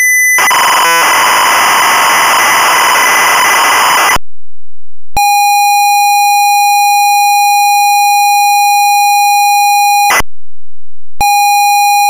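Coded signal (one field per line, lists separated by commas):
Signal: ZX Spectrum tape loading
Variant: Sinclair ZX Spectrum cassette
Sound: harsh screeching data for four seconds, silence, steady buzzy tone, short chirp, tone again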